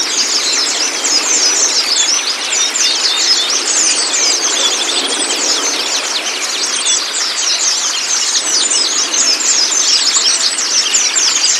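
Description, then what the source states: White-eye chatter, a constant stream of high, quick tweets and trills from several birds layered together. Therapy recording meant to get the white-eye to open its beak and sing; used as a masteran (song-tutor) track.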